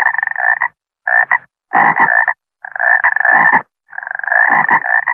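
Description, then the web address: Frog croaking in rattling, buzzy bursts of varying length, from short to over a second, five bursts separated by short silences. "animaux frog-cricket"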